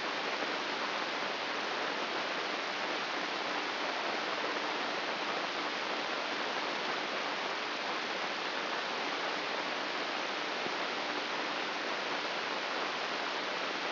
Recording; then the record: brain microelectrode recording played as sound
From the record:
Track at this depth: inside the subthalamic nucleus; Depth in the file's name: 5.483 mm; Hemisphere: left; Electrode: 2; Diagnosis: Parkinson's disease